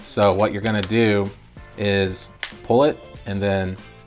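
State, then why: Not seated. Someone talks while preparing to pull down the built-in kickstand on a rugged plastic Poetic Revolution phone case for the Samsung Galaxy S21, S21+ or S21 Ultra. The kickstand has not clicked or locked in place yet.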